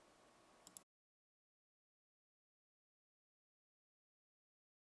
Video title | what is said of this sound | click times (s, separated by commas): How Easy Is It To Build A Gaming PC? | until the actual hard drive pops into place | 0.7 s, 0.8 s